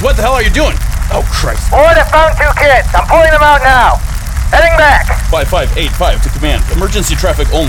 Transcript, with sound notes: What the hell are you doing? Oh, Christ.
[FUTZ] Lloyd, I’ve found two kids! I’m pulling them out now. Heading back!
[IN RADIO] 5585 to command, emergency traffic only!